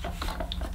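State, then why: Not seated. The refilled plastic clean water tank of a Vax Platinum Power Max carpet washer is being fiddled into place, inserted bottom first and pushed forward, over a steady low hum. Soft plastic scrapes and knocks are heard, with one brief sharp tick at about 0.5 s. The tank has not seated or clicked into position yet.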